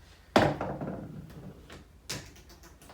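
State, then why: Seated. During a cart build for a Dewalt table saw, a part slides into position on the saw and locks into its mount with a sharp knock at 0.4 s, followed by a short rattling decay. A softer second knock follows at 2.1 s, and the part is confirmed seated.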